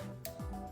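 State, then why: Seated. An electrical connector is slid onto the new vapor canister purge valve solenoid on a 2022–2025 Honda Civic 1.5L turbo (L15B7) and clicks in at 0.3 s with a sharp, short hit over steady background music. The connector is seated.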